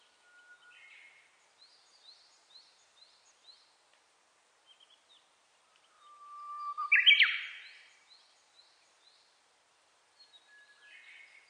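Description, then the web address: Japanese bush warbler song, a long steady whistle ending in an explosive slurred flourish, amid faint, scattered high chirps. Recorded 29 April 2001. "2001 010429 uguisu"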